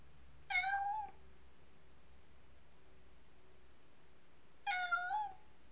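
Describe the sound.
Cat meowing twice, each meow a drawn-out harmonic cry about half a second long, separated by roughly four seconds of quiet with a faint low hum.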